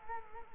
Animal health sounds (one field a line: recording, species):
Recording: mosquito wingbeat signal from an infrared sensor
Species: Culex quinquefasciatus